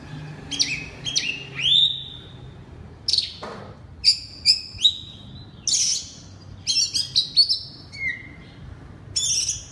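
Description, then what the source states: Oriental magpie-robin song, clear whistles that swoop downward, sharp clicks and quick trills, delivered in separate phrases with brief pauses. Loud (keras) song in the ngeplong style.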